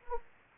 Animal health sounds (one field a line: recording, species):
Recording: mosquito wingbeat signal from an infrared sensor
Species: Anopheles arabiensis